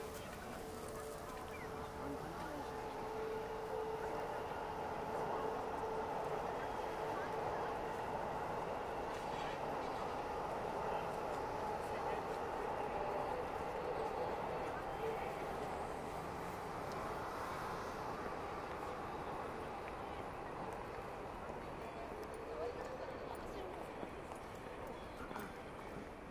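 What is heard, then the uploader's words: Daytime in Akihabara: a steady, dense crowd murmur with voices and a passing train's sustained whine layered over a constant low rumble. Akihabara,daytime.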